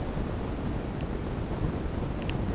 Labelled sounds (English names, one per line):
none